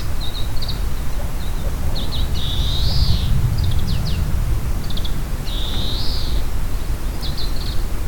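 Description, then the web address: Grey-capped greenfinch song: short twittering trills and clipped notes broken by two drawn-out nasal wheezes that rise and fall, over a steady low rumble. Song, recorded 17 March 2014. "saezuri kawarahiwa 20140317 hiraguri"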